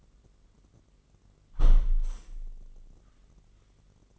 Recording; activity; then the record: daily activity, microphone in the room; close window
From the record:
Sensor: 4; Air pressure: 999.3 hPa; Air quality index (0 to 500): 116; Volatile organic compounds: 2 ppm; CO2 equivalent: 1151 ppm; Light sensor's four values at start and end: 15/36/15/16 and 15/35/15/16